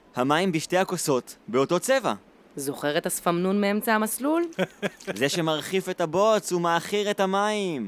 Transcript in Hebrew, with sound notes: המים בשתי הכוסות באותו צבע!
זוכר את השפמנון מאמצע המסלול?
(צוחק) זה שמרחיף את הבוץ ומעכיר את המים.